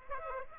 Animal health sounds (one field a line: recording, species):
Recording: mosquito wingbeat signal from an infrared sensor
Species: Aedes aegypti